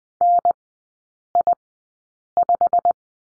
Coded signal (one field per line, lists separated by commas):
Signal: Morse code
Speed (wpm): 20 wpm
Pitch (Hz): 700 Hz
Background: none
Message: NI5